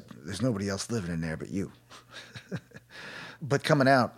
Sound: soundbite of laughter

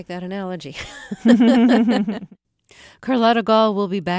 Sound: laughter

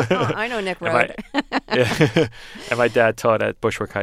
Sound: soundbite of laughter

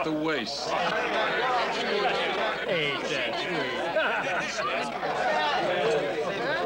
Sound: laughter

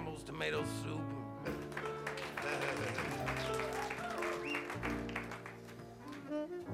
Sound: soundbite of laughter, applause

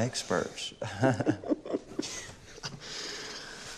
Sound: soundbite of laughter

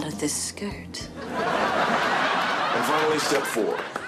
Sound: soundbite of laughter

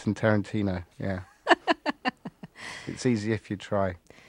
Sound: laughs

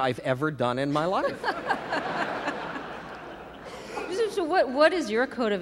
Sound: laughter

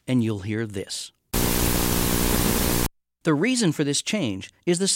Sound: soundbite of static

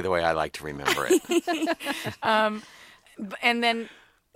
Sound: soundbite of laughter

